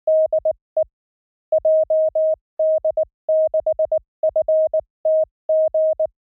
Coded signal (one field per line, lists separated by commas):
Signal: Morse code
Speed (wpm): 19 wpm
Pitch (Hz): 630 Hz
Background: none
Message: DE JD6FTG